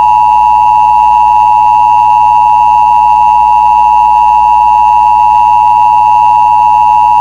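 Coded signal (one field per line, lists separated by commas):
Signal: Emergency Alert System (SAME) tones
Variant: 853 and 960 Hz attention tone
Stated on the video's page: Fictional tornado EAS scenario using valid EAS tones.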